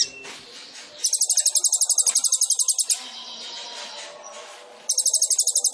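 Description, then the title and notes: Sunbird song: a rapid, buzzy, very high trill lasting about two seconds, a pause, then the trill starts again. Masteran for songbirds, used as a lure to prompt singing; full of isian (filler phrases) and tembakan (shots); the bird is gacor, singing actively. "KOLIBRI NINJA FULL ISIAN DAN TEMBAKAN. Suara Burung Kolibri Ninja Gacor"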